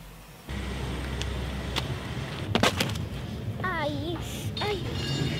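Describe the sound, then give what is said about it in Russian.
A sharp clatter of a fall, followed by a young boy crying in short, wavering, high-pitched wails over a steady background hiss. “Сынок, только не плачь. Ты же мужчина. Мужчина не плачет.”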